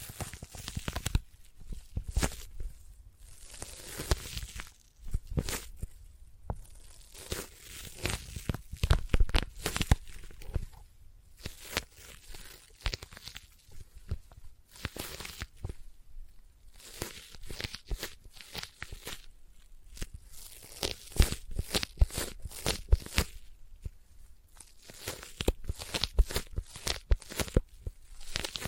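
Sticky tapping and sticky triggers: dense bursts of quick, crackly taps and peeling, tearing sounds that come in clusters with short quieter gaps. The rhythm is fast and uneven, with sharp bright clicks over a soft low thump.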